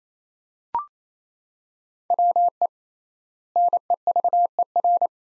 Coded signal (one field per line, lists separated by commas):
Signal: Morse code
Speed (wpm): 28 wpm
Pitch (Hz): 700 Hz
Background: none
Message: WE NEVER